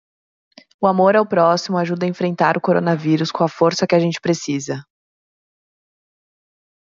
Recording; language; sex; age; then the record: spoken sentence; Brazilian Portuguese; female; 20 to 29 years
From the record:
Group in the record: control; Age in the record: 27 years